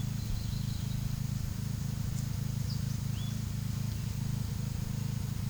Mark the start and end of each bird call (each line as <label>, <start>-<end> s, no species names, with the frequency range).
bird call (1.9-7.1 kHz), 0.00-1.09 s
bird call (2.3-6.3 kHz), 2.52-3.42 s